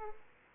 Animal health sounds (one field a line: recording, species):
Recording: mosquito wingbeat signal from an infrared sensor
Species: Aedes aegypti